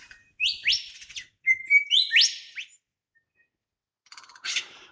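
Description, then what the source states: Lyrebird song of loud, high sweeping notes rising sharply, repeated several times, then a silent pause before a short burst of buzzy chatter. Male lyrebird singing in the morning in an Australian gum tree forest.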